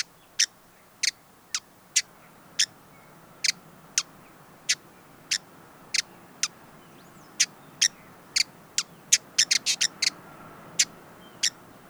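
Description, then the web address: Hooded visorbearer uttering single hard chips roughly every half second to second, breaking into a brief rapid flurry of ticks before slowing again. "sound Hooded-visorbearer. صدای-پرنده-آفتابگیر-کلاهدار"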